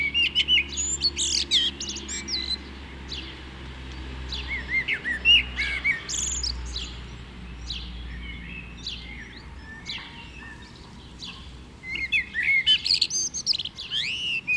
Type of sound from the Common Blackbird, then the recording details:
song. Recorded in the wild. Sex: male. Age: adult. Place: Kaiserslautern, Rheinland-Pfalz, DE. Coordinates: 49.4283, 7.77861. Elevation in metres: 279. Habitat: garden. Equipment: Nagra IV, Sennheiser MKH 405, Parabolreflektor. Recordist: Tretzel, Erwin